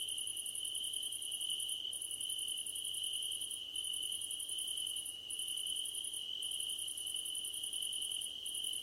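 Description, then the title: Cricket chirping forms a continuous high hum overlaid by higher pulsed trills in bursts of one to two seconds with brief pauses. Crickets calling at night under a starlit sky. "Nighttime Ambience with Crickets 🌃"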